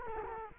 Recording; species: mosquito wingbeat signal from an infrared sensor; Culex quinquefasciatus